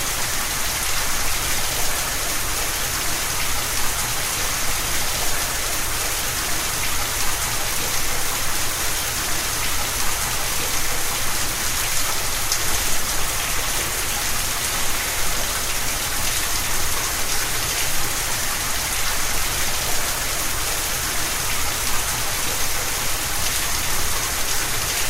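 A heavy downpour of rain pours steadily for the whole stretch, a dense, even hiss strongest in the bright upper range with a soft low rumble beneath. Countless drops blur together with no pauses or distinct events, and the level barely changes.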